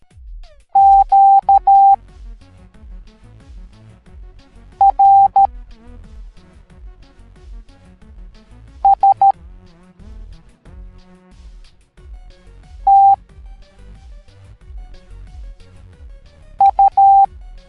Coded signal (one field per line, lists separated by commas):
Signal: Morse code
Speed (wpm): 13 wpm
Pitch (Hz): 790 Hz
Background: music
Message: Q R S T U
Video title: Pacman Ghosts Teaching the Morse Code Alphabet Educational Video for Kids